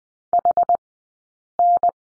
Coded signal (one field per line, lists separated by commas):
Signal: Morse code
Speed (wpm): 20 wpm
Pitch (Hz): 700 Hz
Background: none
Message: HN